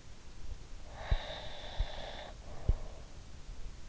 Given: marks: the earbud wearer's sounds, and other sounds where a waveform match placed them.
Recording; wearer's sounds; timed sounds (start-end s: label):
sounds in sleep by an in-ear microphone; breath
0.83-3.01 s: breath